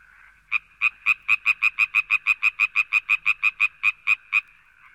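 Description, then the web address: Frog giving a fast series of about twenty sharp croaks over a faint steady background hum. "rane rana frog"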